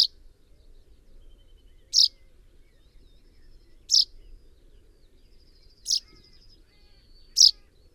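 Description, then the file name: Common chaffinch short metallic call notes repeated roughly every two seconds, with faint thin whistles in between. "Fringilla coelebs"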